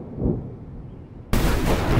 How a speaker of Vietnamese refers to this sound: Đùng một tiếng, tia sét từ trên trời đánh xuống bất ngờ, làm cho ông hai phải trực giấc thức dậy